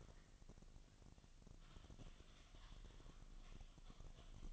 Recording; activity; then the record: daily activity, microphone in the room; typing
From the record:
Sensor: 4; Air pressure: 1000.0 hPa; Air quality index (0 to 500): 230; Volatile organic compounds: 30 ppm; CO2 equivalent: 2967 ppm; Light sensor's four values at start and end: 9/21/8/8 and 9/21/8/8